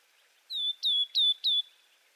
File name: cyanoptila cyanomelana twitter